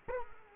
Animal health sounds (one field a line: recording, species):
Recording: mosquito wingbeat signal from an infrared sensor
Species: Culex quinquefasciatus